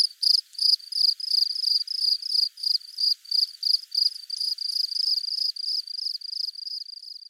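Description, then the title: House cricket chirping song: short pulsed chirps, high and ringing, repeated about three times per second in a steady series, fading slightly toward the end. Several house crickets recorded in Buoux, Vaucluse, France, in May 2001. "Sylvain Jaskowiak - Animus. Grillons domestiques - Buoux, Vaucluse - mai 2001"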